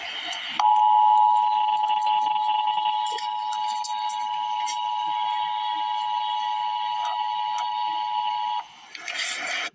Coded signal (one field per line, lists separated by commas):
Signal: Emergency Alert System (SAME) tones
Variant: 853 and 960 Hz attention tone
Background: speech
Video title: Emergency Alert System - Special Weather Statement - May 18, 2026 at 6:00 PM EDT